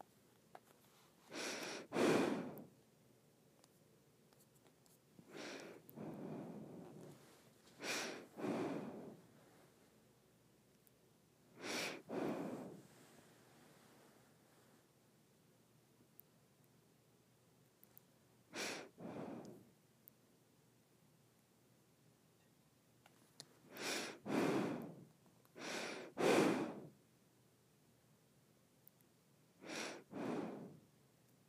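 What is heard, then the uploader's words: Breathing through the nose, with airy inhales and exhales coming in pairs or short clusters and quiet gaps between them. Each breath is a soft hiss about a second long, with a few sharper, snort-like bursts near 2 and 26 seconds. ASMR Nose Breathing.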